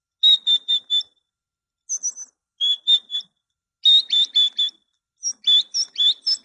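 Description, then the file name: Great tit song in short bursts of ringing, repeated notes, with pauses between phrases and a few higher squeaky notes mixed in. Training recording used to teach songbirds. "suara masteran great tit"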